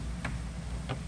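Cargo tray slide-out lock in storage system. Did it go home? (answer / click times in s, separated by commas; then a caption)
yes / 0.2 s, 0.9 s. A slide-out cargo tray in a garage storage system is given a little push until it clicks in and locks into place. Two short clicks are heard at 0.3 s and 0.9 s over a low, steady background hum. The tray is confirmed locked into place.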